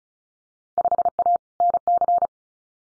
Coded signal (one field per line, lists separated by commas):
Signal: Morse code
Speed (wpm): 36 wpm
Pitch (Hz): 700 Hz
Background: none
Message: 5A NC